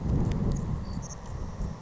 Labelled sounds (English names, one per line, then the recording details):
Savannah Sparrow
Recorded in Sonoma County, California